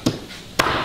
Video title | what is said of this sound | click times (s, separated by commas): CAR BACK KITCHENS - SINGLE + DOUBLE BURNER, SMALL TRAVEL KITCHEN | clicks into place, couple of straps, and | 0.6 s